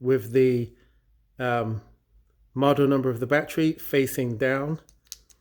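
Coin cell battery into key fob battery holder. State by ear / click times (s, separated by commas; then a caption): seated / 5.1 s. Someone talks while a replacement coin cell battery, model number facing down, is pressed into the plastic battery holder of a Honda car key fob. A sharp, solid click sounds at 5.1 s as the battery seats in place.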